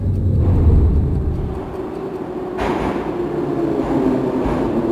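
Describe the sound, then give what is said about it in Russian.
A metro train runs with a steady low rumble and rattling wheel noise, the roar shifting and brightening midway as the carriage keeps moving, with no voices. “В метро.”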